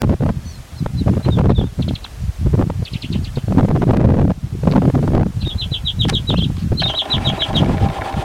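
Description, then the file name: Accentor giving short, high, thin trilled calls in quick rattling bursts, heard through heavy wind rumble and microphone buffeting. "zavirushka na bosane"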